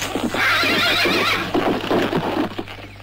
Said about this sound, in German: Und tatsächlich kommt ein Pferdewagen vorbeigefahren, gelenkt von einer finsteren Gestalt. Und hinten auf dem Wagen ist ein Wolf angekettet.